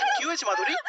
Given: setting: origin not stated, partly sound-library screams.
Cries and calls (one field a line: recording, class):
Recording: one-second piece from a danger detection set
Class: woman in danger